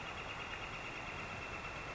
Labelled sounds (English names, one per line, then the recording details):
Northern Flicker
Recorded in Sonoma County, California